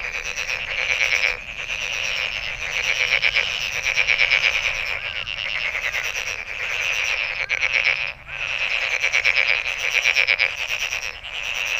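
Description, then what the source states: Frogs calling in a dense chorus, rapid pulsed trills layered with a steady high ringing band, with a few brief dips in the din. Recorded 23 May 2008.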